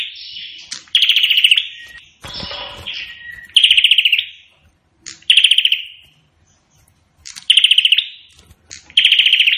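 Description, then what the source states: Prinia repeating short, rapid-fire trills of high chips roughly every two seconds, five bursts in all, with a brief rustling noise early on. Indonesian prenjak singing in full voice ('gacor'), in the song style called 'Suara Tembakan Ak-47' (AK-47 gunfire sound).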